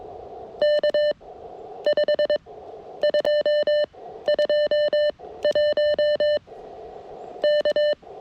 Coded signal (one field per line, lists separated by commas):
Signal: Morse code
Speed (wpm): 22 wpm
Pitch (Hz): 600 Hz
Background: none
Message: K5221 K